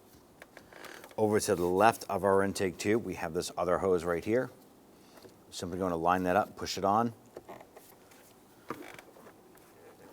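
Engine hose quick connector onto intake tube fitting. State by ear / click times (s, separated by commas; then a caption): seated / 8.7 s. During a radiator fan assembly replacement on a 2011-2019 Ford Explorer, a plastic engine hose quick connector is lined up and pushed onto its fitting next to the intake tube while someone talks. Light handling taps come first, then the connector snaps into place, seated, with a sharp click at 8.7 s followed by a few small taps.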